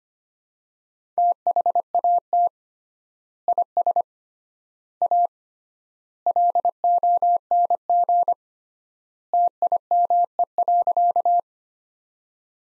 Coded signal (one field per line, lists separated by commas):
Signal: Morse code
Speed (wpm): 25 wpm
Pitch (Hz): 700 Hz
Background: none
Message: THAT IS A LONG TIME.